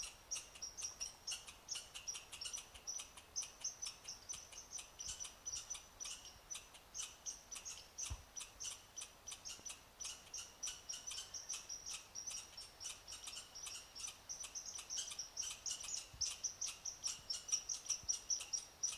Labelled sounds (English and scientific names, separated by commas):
Red Squirrel (Tamiasciurus hudsonicus) call